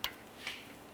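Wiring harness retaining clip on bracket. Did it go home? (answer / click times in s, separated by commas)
no / none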